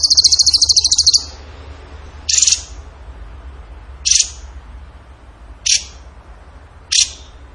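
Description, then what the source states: Bird song: one high rapid trill, then four short sharp chips spaced about one and a half seconds apart. Masteran training song for birds in the tembakan gacor style.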